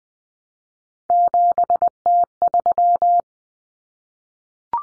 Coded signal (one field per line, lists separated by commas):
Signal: Morse code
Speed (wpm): 20 wpm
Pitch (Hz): 700 Hz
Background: none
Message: 7T3